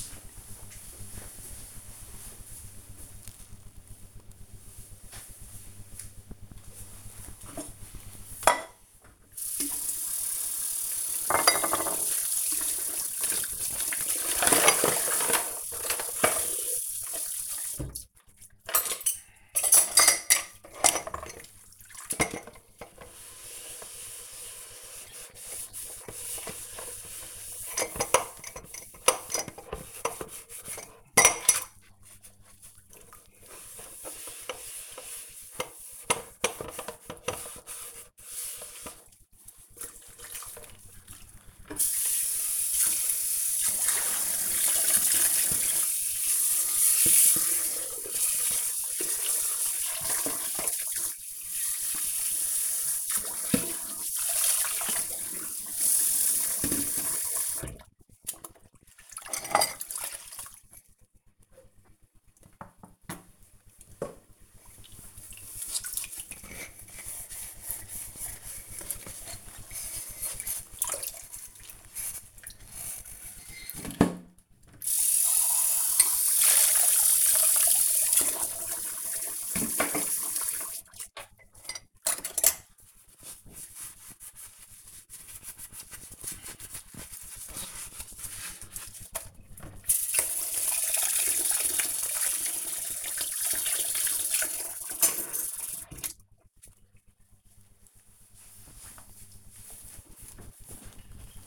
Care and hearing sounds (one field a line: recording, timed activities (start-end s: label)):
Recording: household activities, microphone on the right wrist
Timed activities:
6.33-95.76 s: washing dishes